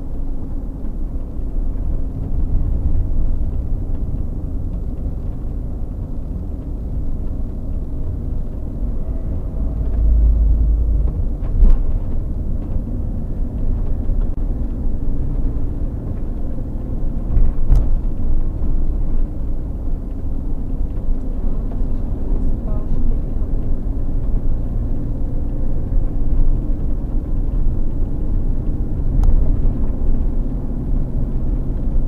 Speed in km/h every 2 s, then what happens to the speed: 27, 27, 25, 25, 25, 24, 25, 29, 31, 27, 27, 29, 31, 33, 33, 35.
0-12 steady at about 25. 12-15 speeds up to 31. 15-21 steady at about 27. 21-32 speeds up to 35.